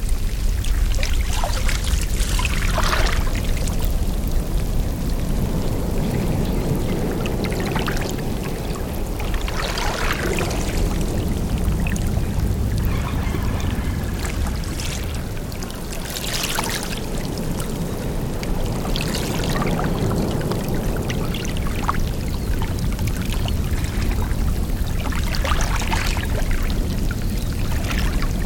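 Water moves along a tidal shore in a steady, dense low wash that never lets up. Bright splashing and pouring bursts break through every few seconds, with stronger surges near ten, sixteen and twenty-six seconds.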